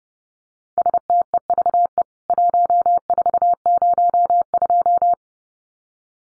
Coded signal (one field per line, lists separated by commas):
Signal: Morse code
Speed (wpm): 28 wpm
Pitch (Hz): 700 Hz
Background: none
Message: STEVE 1402